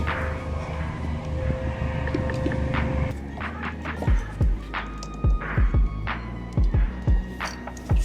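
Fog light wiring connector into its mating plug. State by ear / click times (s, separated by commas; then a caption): not seated / none. During a fog light install on a car, a plastic wiring connector for the fog light is pushed into its mating plug, but it won't go in any further and nothing has clicked. A steady low hum fills the first three seconds, followed by a series of short, dull low thumps from about 4 s to 8 s.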